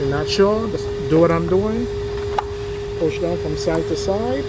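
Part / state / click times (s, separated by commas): plastic top cover on an under-hood fuse box / seated / 2.4 s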